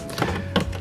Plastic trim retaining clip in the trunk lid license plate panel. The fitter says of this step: Gonna come in from the side here and just start forcing it down until you hear the click sound, and that helps it come out.